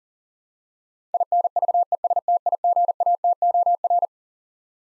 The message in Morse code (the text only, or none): INVESTIGATOR